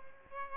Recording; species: mosquito wingbeat signal from an infrared sensor; Aedes albopictus